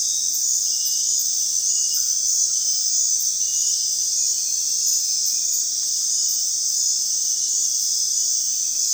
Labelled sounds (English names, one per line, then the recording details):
none
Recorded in dense forest near Puerto Asís, Putumayo, Colombia, on 20 February 2024 at 00:00
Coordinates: 0.499, -76.324
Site G6469